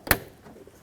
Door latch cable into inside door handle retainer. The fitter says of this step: Listen for a click from that.